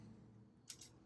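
An attachment is popped off the quick-connect coupling of a pressure washer wand and then put in a pocket. A short, bright snap at 0.7 s marks it coming off, followed by a softer second snap at about 0.8 s over a steady low hum. The attachment is released from the coupling.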